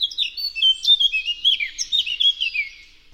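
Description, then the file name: Eurasian blackcap song: a fluent, varied warble of clear whistled notes, jumping up and down in pitch. "Sylvia atricapilla"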